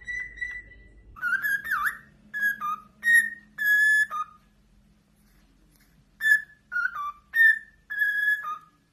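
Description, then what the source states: Cockatiel whistling: a melodic sequence of clear whistled notes, some sliding downward, in two bursts separated by a quiet pause with a low hum. Several cockatiels singing, a whistled song.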